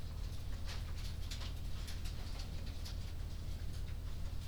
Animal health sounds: poultry house recording; no chicken sound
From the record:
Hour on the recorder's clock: 23

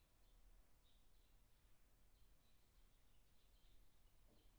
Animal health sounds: poultry house recording; no chicken sound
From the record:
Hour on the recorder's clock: 17

